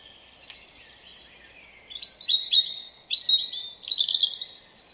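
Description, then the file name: European robin song: a faint high phrase, then a louder run of thin, warbling notes, varied and rapid, lasting about three seconds. "Erithacus rubecula"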